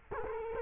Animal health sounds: mosquito wingbeat signal from an infrared sensor; Culex quinquefasciatus

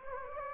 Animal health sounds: mosquito wingbeat signal from an infrared sensor; Anopheles gambiae

